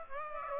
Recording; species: mosquito wingbeat signal from an infrared sensor; Aedes aegypti